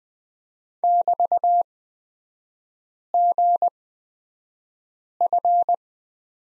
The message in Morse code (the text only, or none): <BT>GF